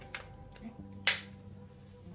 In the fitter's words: The gears in this attachment need a precise fit. This click sound indicates a good fit.